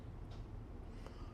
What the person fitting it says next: pull it until it snaps into place like that.